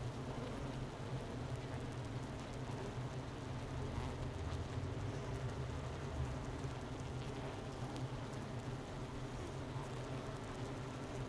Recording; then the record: honeybee colony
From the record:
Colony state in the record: missing queen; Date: 31 May 2018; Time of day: 11:36